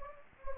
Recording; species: mosquito wingbeat signal from an infrared sensor; Anopheles gambiae